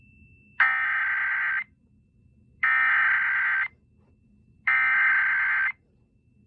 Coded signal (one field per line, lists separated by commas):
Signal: Emergency Alert System (SAME) tones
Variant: header bursts